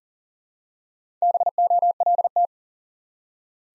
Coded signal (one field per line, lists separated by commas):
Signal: Morse code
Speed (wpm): 40 wpm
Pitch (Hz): 700 Hz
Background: none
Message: BOLT